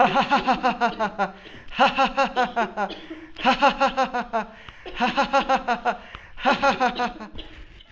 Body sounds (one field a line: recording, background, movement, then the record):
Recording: laughter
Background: a bystander coughing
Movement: sitting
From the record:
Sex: male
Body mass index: 20.6 kg/m2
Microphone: on the chest, facing the body